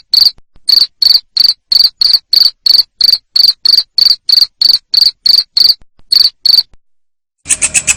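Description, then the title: Cricket chirping in loud, evenly spaced bursts about three per second, a short pause, then a different harsher buzzing burst at the very end. Loud cricket chirping used to make lovebirds keep singing (ngekek). "Suara JANGKRIK NGERIK Keras Bikin LOVEBIRD Jadi NGEKEK Terus Vubey"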